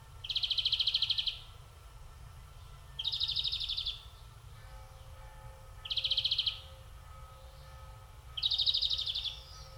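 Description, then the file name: European greenfinch calls, four bursts of fast buzzy trilled notes spaced roughly two to three seconds apart, with a faint low hum beneath. "Chloris chloris"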